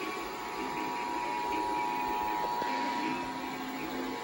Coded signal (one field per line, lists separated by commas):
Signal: Emergency Alert System (SAME) tones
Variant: 853 and 960 Hz attention tone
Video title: EAS 947-961: Connecticut Required Monthly Test, 12:37 AM 8-17-2023